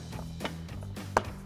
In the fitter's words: nach rechts drehen und einrasten lassen.